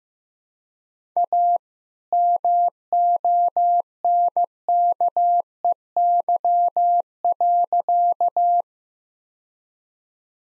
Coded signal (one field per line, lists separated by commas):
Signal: Morse code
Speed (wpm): 16 wpm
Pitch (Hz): 700 Hz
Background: none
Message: A MONKEY.